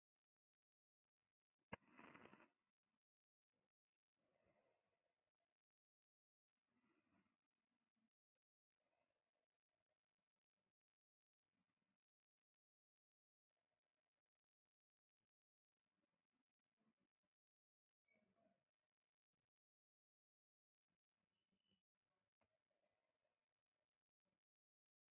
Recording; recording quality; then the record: deep breathing; moderate, slight background noise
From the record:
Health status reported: healthy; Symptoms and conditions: cough, cold, fever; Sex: female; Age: 31 years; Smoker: no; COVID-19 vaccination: both doses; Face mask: not worn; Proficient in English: yes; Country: India